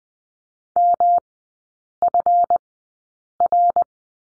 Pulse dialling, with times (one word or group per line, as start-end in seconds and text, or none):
none